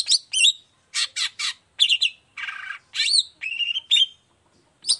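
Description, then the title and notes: Long-tailed shrike song mixing harsh grating bursts, a buzzy rasp and clear upslurred whistles, in uneven phrases separated by short silences. Morning singing; song with 'toet toet' variation, described as clear-voiced, fully varied and easy for any long-tailed shrike to imitate. "Cendet Gacor Dor Di Kala Pagi Toet Toet Variasi Suara. Cendet Gacor Suara Jernih Full Variasi Sangat Mudah Di Tiru Cendet Jenis Apapun. Burung cendet"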